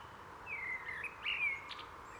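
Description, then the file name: Common blackbird giving a short whistled phrase that ends in brief, higher squeaky notes. "Turdus merula"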